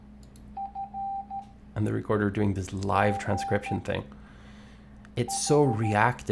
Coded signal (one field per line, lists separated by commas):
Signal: Morse code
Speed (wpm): 13 wpm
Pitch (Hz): 790 Hz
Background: speech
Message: F G 5